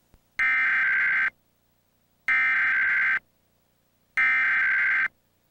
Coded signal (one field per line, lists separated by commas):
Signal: Emergency Alert System (SAME) tones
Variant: header bursts